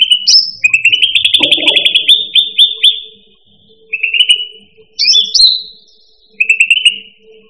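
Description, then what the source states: Bird pouring out quick, buzzy rattled trills with high sharp notes mixed in, in several bursts; a short muffled sound briefly underneath. Bird chirping.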